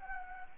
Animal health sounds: mosquito wingbeat signal from an infrared sensor; Anopheles gambiae

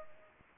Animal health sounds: mosquito wingbeat signal from an infrared sensor; Culex pipiens

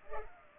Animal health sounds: mosquito wingbeat signal from an infrared sensor; Culex pipiens

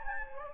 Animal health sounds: mosquito wingbeat signal from an infrared sensor; Anopheles gambiae

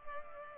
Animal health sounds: mosquito wingbeat signal from an infrared sensor; Culex pipiens

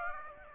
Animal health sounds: mosquito wingbeat signal from an infrared sensor; Aedes aegypti

